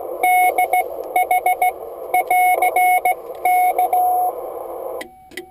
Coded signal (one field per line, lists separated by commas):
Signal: Morse code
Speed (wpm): 17 wpm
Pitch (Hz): 730 Hz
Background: radio noise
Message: DH <AR>K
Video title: Morse code DX